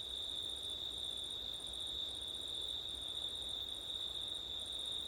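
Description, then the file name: Crickets trilling, a constant high tone running without pause while a higher buzzy song repeats in brief bursts; soft wind in the background. Crickets recorded on a September night with wind. "crickets wind september night ortif"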